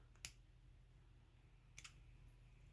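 A metal wire retaining clip is pushed into the groove of a nitro engine's piston pin bore and snaps home with a loud, sharp click at 0.3 s. Two fainter ticks follow around 1.8 s over a steady low hum. The clip is confirmed fully seated in the piston groove.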